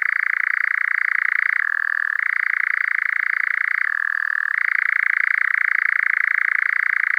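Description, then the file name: European nightjar churr, a long purring trill that drops briefly to a lower pitch twice, then returns to its higher, even note. "ENGOULEVENT"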